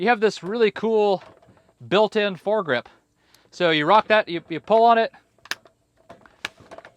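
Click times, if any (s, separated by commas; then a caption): 6.5 s. Someone talks while pulling the built-in folding foregrip of a WWII-era Bren MKII machine gun and rocking it down, with sharp metallic clicks around 5.5 s. A loud, sharp metal click at 6.5 s marks the foregrip locking down into place.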